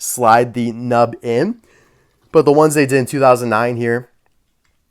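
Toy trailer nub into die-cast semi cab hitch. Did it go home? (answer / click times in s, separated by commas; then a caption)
no / none. Someone talks while sliding the nub of a 2009 die-cast toy trailer into the hitch of a die-cast semi cab, showing that it goes in but does not lock. After the speech, faint plastic/metal contact ticks come near 4.3 s and 4.7 s, with a sharper tick at 5.0 s, but none of these is a latch click. Nothing has latched or clicked yet.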